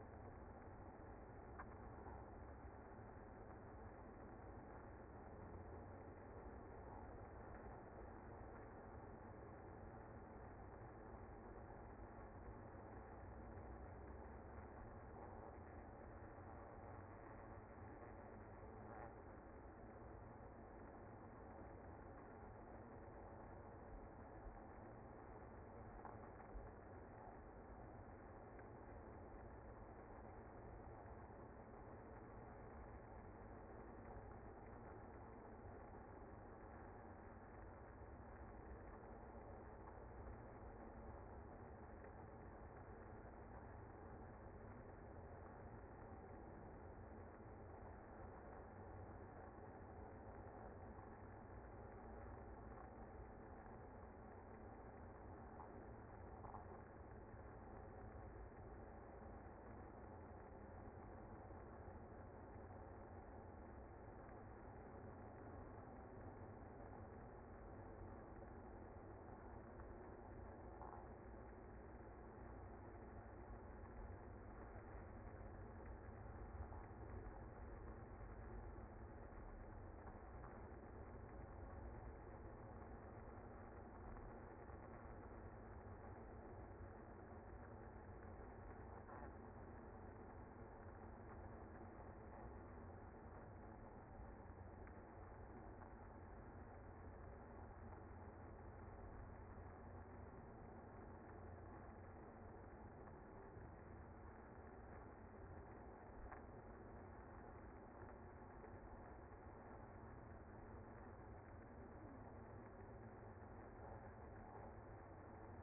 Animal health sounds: honeybee colony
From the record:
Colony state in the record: active

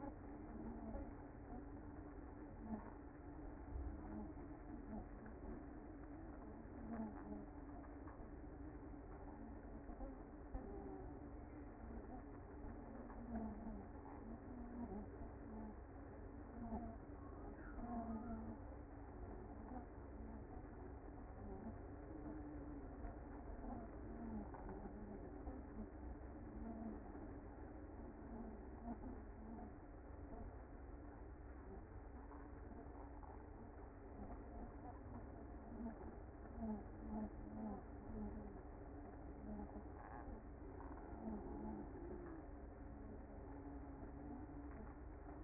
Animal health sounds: honeybee colony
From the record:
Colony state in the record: active

